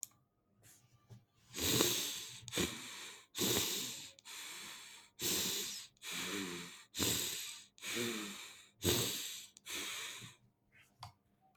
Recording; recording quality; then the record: shallow breathing; excellent, no background noise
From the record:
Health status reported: exposed to COVID-19, no respiratory illness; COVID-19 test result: negative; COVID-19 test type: RT-PCR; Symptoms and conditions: cough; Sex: male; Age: 26 years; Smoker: yes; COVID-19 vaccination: both doses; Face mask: not worn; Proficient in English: yes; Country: India